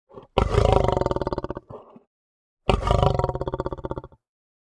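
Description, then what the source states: Lion gives two deep, throaty, pulsed growls, loud at the start and tapering off, with a brief low rumble between them. Long growl.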